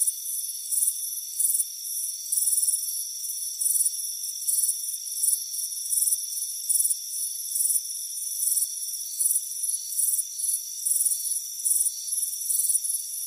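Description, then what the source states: Shrill cricket chirps pulse steadily in repeated bursts above a level, unchanging insect drone. Crickets chirping on a warm afternoon by a front porch.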